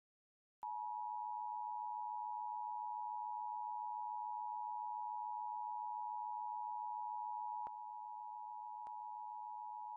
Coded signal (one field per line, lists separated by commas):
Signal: Emergency Alert System (SAME) tones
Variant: 853 and 960 Hz attention tone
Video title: (EAS #2,445 - #2,447) WE MISSED SOME THINGS - EAS Alerts 7/10/25